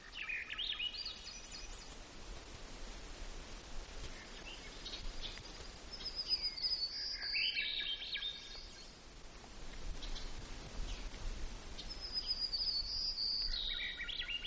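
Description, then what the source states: White-crowned sparrow song: a high clear whistle sliding into lower buzzy notes, heard twice, over steady background hiss. Recorded in Gates of the Arctic, Alaska, on 17 June 2018 at about 12:57.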